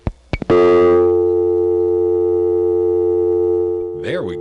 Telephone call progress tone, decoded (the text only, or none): dial tone